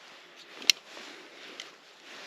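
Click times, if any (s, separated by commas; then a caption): 0.7 s. A release button is pressed on a hatchet-style multi-tool and the blade is folded back into the handle. A sharp, loud click at 0.7 s marks the blade lock engaging, and the blade is seated in place. A fainter tick follows at about 1.6 s.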